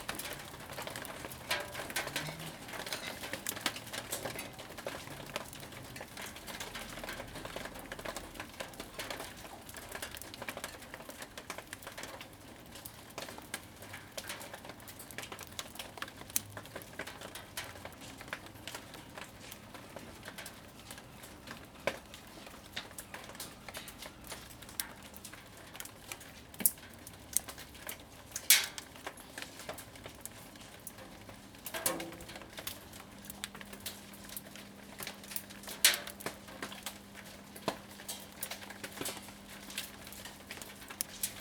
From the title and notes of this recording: Rain & hail in the backyard.